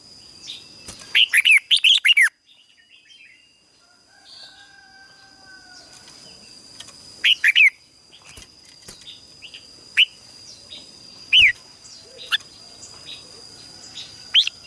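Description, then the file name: Red-whiskered bulbul giving a bubbly whistled phrase early, then a second brief phrase and scattered single sharp notes amid clicks and a constant thin high tone. "Tieng chao mao hot"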